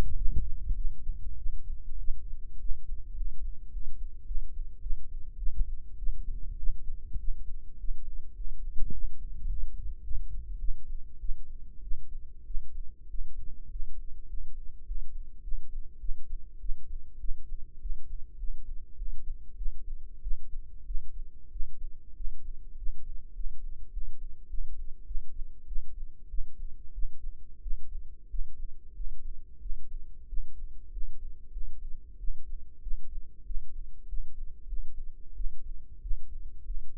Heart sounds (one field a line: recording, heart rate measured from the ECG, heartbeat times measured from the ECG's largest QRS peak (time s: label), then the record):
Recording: heart sounds by microphone in the right ear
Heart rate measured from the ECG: 99 bpm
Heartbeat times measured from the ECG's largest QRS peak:
0.15 s: heartbeat
0.74 s: heartbeat
1.36 s: heartbeat
1.97 s: heartbeat
2.58 s: heartbeat
3.15 s: heartbeat
3.70 s: heartbeat
4.25 s: heartbeat
4.80 s: heartbeat
5.36 s: heartbeat
5.96 s: heartbeat
6.56 s: heartbeat
7.17 s: heartbeat
7.77 s: heartbeat
8.34 s: heartbeat
8.91 s: heartbeat
9.47 s: heartbeat
10.02 s: heartbeat
10.58 s: heartbeat
11.18 s: heartbeat
11.81 s: heartbeat
12.44 s: heartbeat
13.08 s: heartbeat
13.69 s: heartbeat
14.27 s: heartbeat
14.85 s: heartbeat
15.41 s: heartbeat
15.98 s: heartbeat
16.58 s: heartbeat
17.18 s: heartbeat
17.79 s: heartbeat
18.37 s: heartbeat
18.96 s: heartbeat
19.55 s: heartbeat
20.21 s: heartbeat
20.84 s: heartbeat
21.50 s: heartbeat
22.14 s: heartbeat
22.75 s: heartbeat
23.33 s: heartbeat
23.91 s: heartbeat
24.48 s: heartbeat
25.04 s: heartbeat
25.65 s: heartbeat
26.28 s: heartbeat
26.92 s: heartbeat
27.60 s: heartbeat
28.28 s: heartbeat
28.93 s: heartbeat
29.59 s: heartbeat
30.26 s: heartbeat
30.90 s: heartbeat
31.50 s: heartbeat
32.17 s: heartbeat
32.80 s: heartbeat
33.44 s: heartbeat
34.06 s: heartbeat
34.66 s: heartbeat
35.34 s: heartbeat
36.00 s: heartbeat
36.64 s: heartbeat
From the record:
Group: healthy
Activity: rest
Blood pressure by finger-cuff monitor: 125/80 mmHg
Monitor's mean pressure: 92 mmHg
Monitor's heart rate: 100 bpm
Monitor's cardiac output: 7.7 L/min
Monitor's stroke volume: 76 mL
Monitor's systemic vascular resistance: 860 dyn s/cm5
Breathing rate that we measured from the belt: 12 breaths a minute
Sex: female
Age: 19 years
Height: 163 cm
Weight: 51 kg